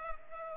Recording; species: mosquito wingbeat signal from an infrared sensor; Culex pipiens